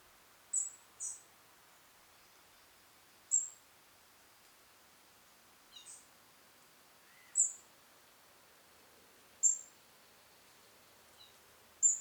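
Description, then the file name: European robin calls, a series of sharp high ticks repeated every two seconds or so, with a few fainter lower notes between, over quiet background. "Erithacus rubecula"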